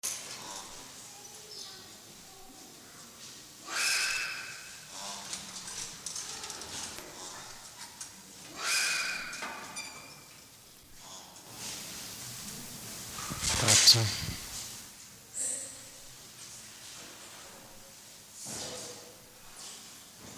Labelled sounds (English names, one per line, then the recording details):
De Brazza's Guenon
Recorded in captivity
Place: Zoo Leipzig, Sachsen, DE
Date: 2003-10-05 15:00
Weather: bedeckt, 12°C
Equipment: Fair Mate ST-1328 (Asahi Electronics, Japan), Sennheiser ME 80, Kopie Uher 4000 Report Monitor
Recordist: Tembrock, Günter
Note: Rufe vor Fütterung